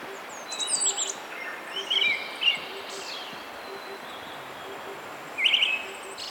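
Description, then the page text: Brown-headed thrush song: a few short warbled phrases near mid-high pitch with thin high notes, separated by pauses, over a faint, steady series of low repeated notes. "Золотистый дрозд (Turdus chrysolaus)"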